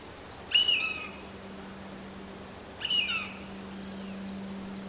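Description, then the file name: Eurasian jay, two grating calls a bit over two seconds apart, with quiet high-pitched chirps from another bird and a low hum. "kakesu"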